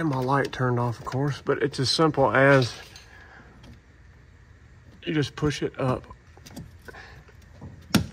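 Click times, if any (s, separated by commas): 7.9 s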